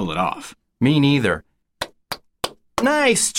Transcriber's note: clapping